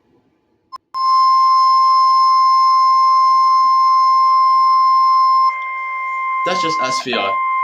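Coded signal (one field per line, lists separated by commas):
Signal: Emergency Alert System (SAME) tones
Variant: 1050 Hz attention tone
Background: speech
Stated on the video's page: Pretend EAS alerts, not real public alerts.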